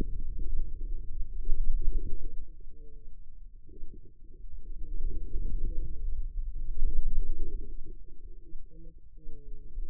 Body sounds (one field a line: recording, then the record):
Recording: forearm muscle sounds (acoustic myography)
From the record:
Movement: wrist extension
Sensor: system 2, bracelet of six BSWA MPA416 microphones around the upper forearm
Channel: 2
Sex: female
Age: 25 years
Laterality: right